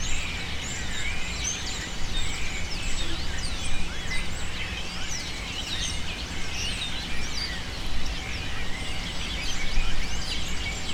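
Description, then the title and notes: Bird screams pour out nonstop, a thick mass of shrill rising and falling calls from many birds, occasionally surging louder, over a low droning hum. Birds using cypress trees in the recordist's city as a refuge, screaming without stopping, especially in the afternoon. "Pájaros En La Fábrica. Muchos de los cipreses de mi ciudad se han convertido en el refugio de pájaros que, sobretodo por la tarde, gritan sin parar"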